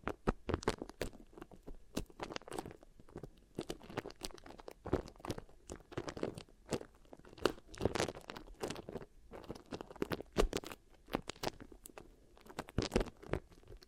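Beeswax ear triggers: soft crunching and crackling pressed and worked in irregular bursts. Dense clusters of crisp clicks and sticky pops repeat every second or so, with brighter, louder crackles near 8 and 13 seconds and brief quieter gaps between.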